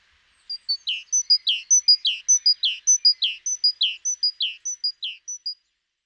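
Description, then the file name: Great tit calling in an even, rapid sequence of paired notes, a high pip then a descending slur, for about five seconds. "Parus major"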